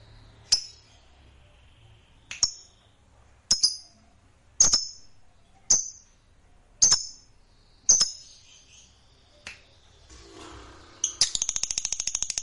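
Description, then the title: Lovebird giving sharp, piercing chirps roughly once a second, each a short high squeak, then breaking into a fast buzzy chattering trill at the end. Fighter-type lovebird singing energetically, described as gacor. "Berkat SUARA Lovebird FIGHTER GACOR Ini"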